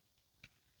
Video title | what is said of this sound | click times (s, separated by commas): orang JEPANG suka IRON MAN !? Iron Man - CraneKing Banpresto/UNBOXING(MISB) | langsung ngfit gitu dia langsung nyeklek | 0.4 s